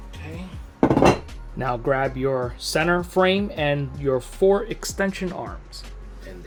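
The second plastic support side of a Southwire cable dispenser stand is pressed into the support center, locking in place with a sharp click at 0.8 s. Someone talks throughout.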